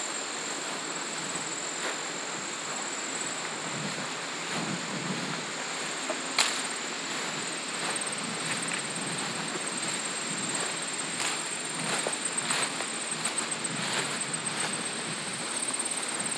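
Footfalls on a farm trail, heard as short scuffing crunches at an uneven pace over a steady hiss. A sharper knock lands near six seconds, and steps bunch up more quickly around twelve to fourteen seconds. A thin, high, constant whine runs throughout.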